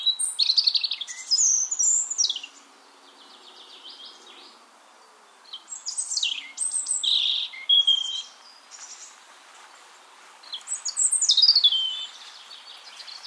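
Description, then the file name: European robin song in short varied phrases of high whistles, tinkling notes and quick trills, separated by pauses of a few seconds. "Erithacus rubecula"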